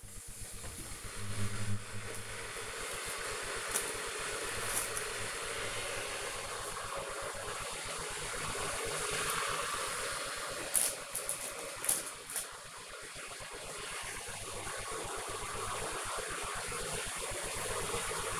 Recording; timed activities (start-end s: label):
household activities, microphone on the right wrist
0.00-18.40 s: making tea